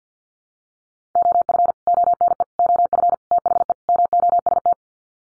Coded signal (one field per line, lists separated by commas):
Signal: Morse code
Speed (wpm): 50 wpm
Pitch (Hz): 700 Hz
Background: none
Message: OF ONE OF THE MOST